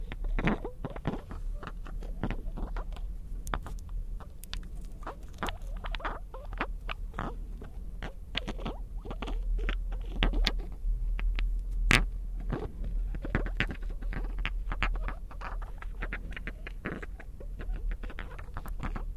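Small crystals, beads and ice pieces tap and scratch in a dense, irregular patter of bright clicks throughout, over a steady low hum.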